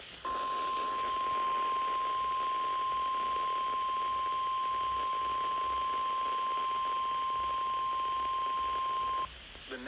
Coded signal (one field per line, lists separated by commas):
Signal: Emergency Alert System (SAME) tones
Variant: 1050 Hz attention tone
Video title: Flood Warning DOUBLE HEADER with Severe Thunderstorm Warning on FM Radio WNG704 162.425 EAS#156-157